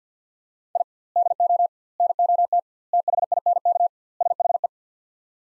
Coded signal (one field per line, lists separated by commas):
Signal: Morse code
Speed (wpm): 50 wpm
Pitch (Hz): 700 Hz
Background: none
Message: I DO NOT THINK SHE